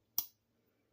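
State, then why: Seated. The blade of a large-frame stockman slip joint pocketknife is worked and snaps sharply into position against the backspring in its handle at 0.2 s. The single bright, crisp snap rings briefly and fades within about a tenth of a second, leaving only faint low background hum. The blade is seated.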